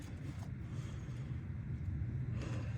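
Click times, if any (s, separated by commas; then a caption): none. A wiring harness connector is handled and lined up over an ignition coil on a 2019 Dodge Charger Scat Pack during a spark plug replacement. A steady low rumble fills the clip, and someone talks. Nothing has seated or clicked yet.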